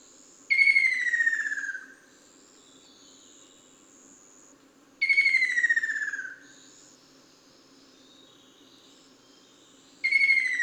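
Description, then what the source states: Ruddy kingfisher calling, a descending rolling trill about a second and a half long, given three times at roughly five-second intervals, over a steady hum of insects. Recorded on 24 June 2009.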